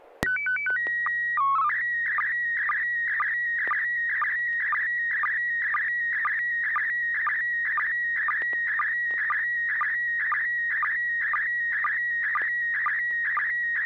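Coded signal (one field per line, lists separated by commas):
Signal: SSTV (slow-scan television)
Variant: PD 120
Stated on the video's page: SSTV images exchanged on a weekly amateur net via an FM repeater on 441.300 MHz in Sacramento, sent with MMSSTV software.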